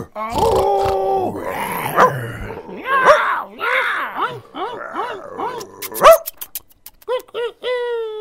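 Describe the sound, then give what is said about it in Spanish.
A person's voice mimics a dog barking ('guau, guau'), giving a run of short, pitched yelps that rise and fall, repeated in quick bursts with brief gaps between them, as one of many animals arriving in a Tarzan jungle sketch. “¡Guau, guau, guau, guau!”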